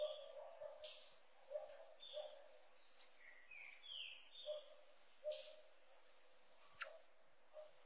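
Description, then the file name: Green-winged saltator song, a loose series of short, clear whistled notes, some sliding downward, spaced irregularly over several seconds with a sharp click near the end. "canto do bico duro"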